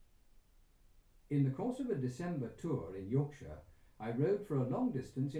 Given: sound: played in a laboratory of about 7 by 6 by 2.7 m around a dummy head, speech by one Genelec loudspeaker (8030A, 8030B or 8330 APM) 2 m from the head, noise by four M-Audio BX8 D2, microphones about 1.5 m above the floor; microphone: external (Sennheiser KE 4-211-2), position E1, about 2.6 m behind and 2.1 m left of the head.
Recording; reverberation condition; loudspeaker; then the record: male speech in English; low; 120 degrees to the left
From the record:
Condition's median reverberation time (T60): about 310 ms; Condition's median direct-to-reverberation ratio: about 3.5 dB